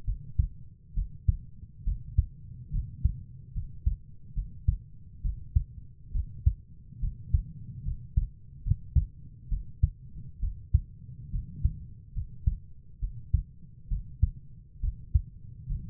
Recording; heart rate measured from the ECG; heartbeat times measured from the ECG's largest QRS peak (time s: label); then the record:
heart sounds by stethoscope; 69 bpm
0.06 s: heartbeat
0.95 s: heartbeat
1.85 s: heartbeat
2.72 s: heartbeat
3.54 s: heartbeat
4.35 s: heartbeat
5.23 s: heartbeat
6.13 s: heartbeat
7.01 s: heartbeat
7.85 s: heartbeat
8.64 s: heartbeat
9.50 s: heartbeat
10.41 s: heartbeat
11.32 s: heartbeat
12.14 s: heartbeat
13.01 s: heartbeat
13.89 s: heartbeat
14.81 s: heartbeat
15.68 s: heartbeat
From the record:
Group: healthy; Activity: rest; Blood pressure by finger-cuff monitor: 114/58 mmHg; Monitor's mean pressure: 75 mmHg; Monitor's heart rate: 69 bpm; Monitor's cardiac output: 6.7 L/min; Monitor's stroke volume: 97 mL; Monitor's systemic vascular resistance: 810 dyn s/cm5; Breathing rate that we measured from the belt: 14 breaths a minute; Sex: female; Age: 22 years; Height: 160 cm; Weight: 63 kg